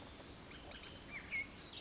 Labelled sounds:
Bullock's Oriole
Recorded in Sonoma County, California

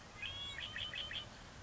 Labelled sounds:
Red-winged Blackbird
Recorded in Sonoma County, California

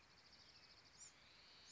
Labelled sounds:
Bewick's Wren
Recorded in Sonoma County, California

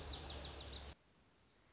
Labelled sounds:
Lazuli Bunting
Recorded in Sonoma County, California

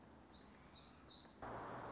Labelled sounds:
Song Sparrow
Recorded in Sonoma County, California

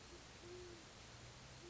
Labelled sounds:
Great Horned Owl
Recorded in Sonoma County, California

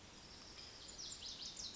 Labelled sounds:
Lazuli Bunting
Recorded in Sonoma County, California

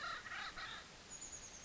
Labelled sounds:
Chestnut-backed Chickadee
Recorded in Sonoma County, California

